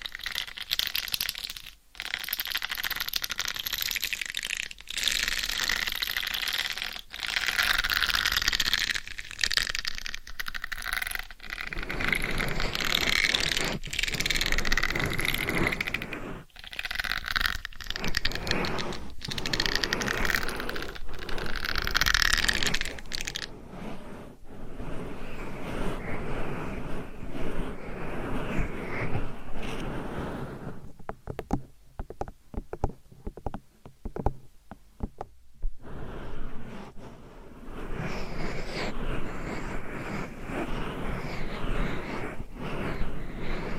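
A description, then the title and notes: Fingernails scratch, tap and rub across a microphone cover in dense, restless bursts, with short breaks between strokes. The first half is bright and hissy; after about 24 seconds the rubbing turns softer and lower, with sharp taps clustering near 31–36 seconds. ASMR Mic Scratching , Tapping & Massage with 15 DIFFERENT MICS Covers & Nails No Talking.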